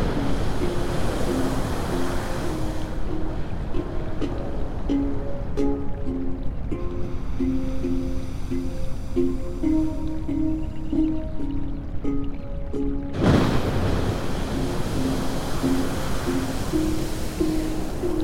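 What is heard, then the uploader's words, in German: Soft handpan notes in F minor ring out in a slow, mid-pitched melody over a steady rush of surf that swells louder near the start and end. Handpan Melodien in f-Moll.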